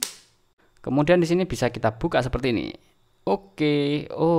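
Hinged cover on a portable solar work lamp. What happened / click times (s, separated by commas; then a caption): The plastic cover snapped shut / 0.0 s. The plastic hinged cover on a W856 portable emergency solar work lamp with 5 COB LEDs snaps shut with a sharp click at 0.0 s, seating closed. After a short pause, someone talks while showing that the cover can be opened again.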